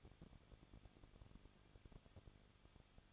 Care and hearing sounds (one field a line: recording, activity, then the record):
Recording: daily activity, microphone in the room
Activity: no activity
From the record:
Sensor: 4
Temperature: 23.1 degrees Celsius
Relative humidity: 34.3%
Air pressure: 1007.2 hPa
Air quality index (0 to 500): 213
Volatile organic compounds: 14 ppm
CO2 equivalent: 2461 ppm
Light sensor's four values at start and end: 2/3/1/1 and 2/3/1/1